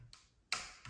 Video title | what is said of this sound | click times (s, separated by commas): Keychron K5 SE Keyboard - White LED - Unboxing | So one click, | 0.5 s